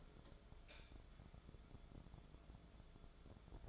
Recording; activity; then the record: daily activity, microphone in the room; light off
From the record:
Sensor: 5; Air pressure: 1010.4 hPa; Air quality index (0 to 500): 118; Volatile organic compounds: 2 ppm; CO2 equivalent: 1160 ppm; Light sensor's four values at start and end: 517/1323/547/615 and 516/1320/546/614